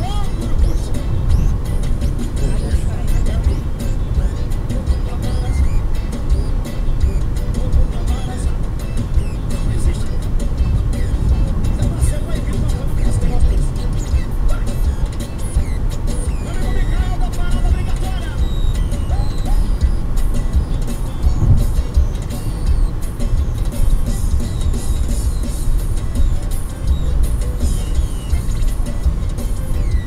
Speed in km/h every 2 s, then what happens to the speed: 128, 127, 127, 126, 127, 127, 127, 128, 128, 126, 123, 121, 119, 114, 111.
0-16 steady at about 127. 16-30 slows to 111.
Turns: none.